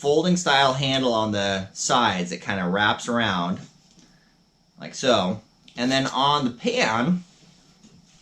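Someone talks while handling a camping cook set, folding the side handles that wrap around and moving toward the top-mounted folding handle on the metal pot-lid pan. The clip ends before that handle locks into place; nothing has clicked or seated yet.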